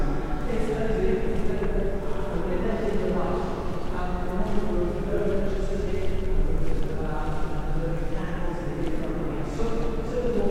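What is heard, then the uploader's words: Echoing footsteps and hushed voices fill the space, a steady murmur of many people talking at once with no single voice standing out. The din holds an even level throughout, with faint tapping steps scattered beneath the continuous chatter. Binaural Bath Abbey Ambiance | City of Bath.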